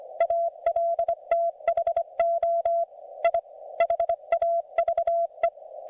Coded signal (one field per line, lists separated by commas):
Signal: Morse code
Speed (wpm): 24 wpm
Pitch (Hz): 690 Hz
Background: none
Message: ALTHO I HAVE